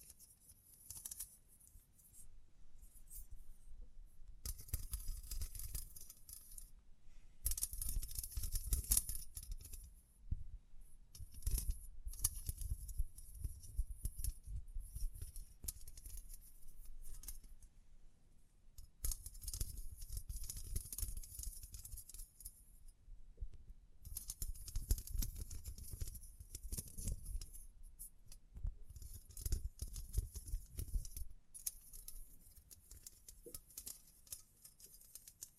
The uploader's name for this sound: Tapping, Scratching, Brushing, Crinkles